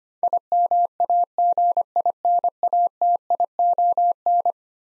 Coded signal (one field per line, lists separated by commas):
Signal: Morse code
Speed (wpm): 25 wpm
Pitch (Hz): 700 Hz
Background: none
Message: IMAGINATION